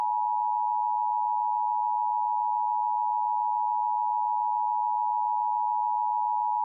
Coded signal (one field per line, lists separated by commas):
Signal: Emergency Alert System (SAME) tones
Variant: 853 and 960 Hz attention tone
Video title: EAS Scenario #1 Kluna Tik